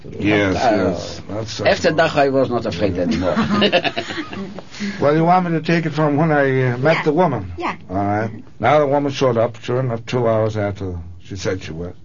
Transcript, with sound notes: Yes, yes.
After that I was not afraid anymore. (laughs)
Well, you want me to take it from when I met the woman?
Yes, yes.
Alright. Now the woman showed up, sure enough two hours after she said she would.